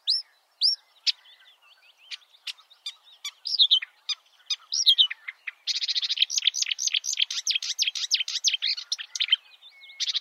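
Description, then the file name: Marsh warbler song, a fast varied stream of chattering, buzzy and whistled notes; opens with rising slurs, then turns into a dense rapid warble of trills. "suara-kicauan-burung-marsh-warbler -omkicau"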